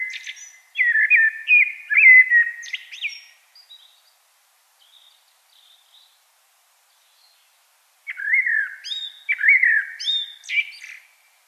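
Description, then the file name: Common blackbird song: a rich warbled phrase with a high screechy finish, scattered soft twitters, then a second whistled phrase. "Turdus merula"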